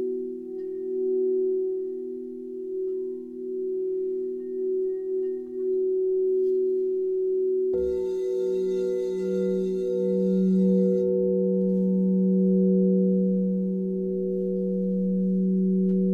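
Singing bowls hum in steady, slowly wavering low tones; near eight seconds a second bowl is struck, adding a brighter ring that lingers.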